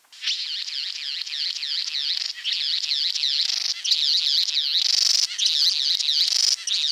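Satin bowerbird chattering song, dense buzzy warbled phrases repeated in rapid bursts with brief breaks between them.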